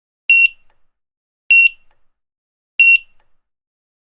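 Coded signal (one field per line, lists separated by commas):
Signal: none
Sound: checkout scanner beeps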